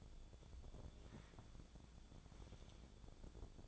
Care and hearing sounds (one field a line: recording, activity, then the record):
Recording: daily activity, microphone in the room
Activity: take from stove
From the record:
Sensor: 5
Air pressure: 1000.0 hPa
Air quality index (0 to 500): 92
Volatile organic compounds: 1 ppm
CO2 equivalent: 752 ppm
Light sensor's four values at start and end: 373/885/383/432 and 367/878/378/426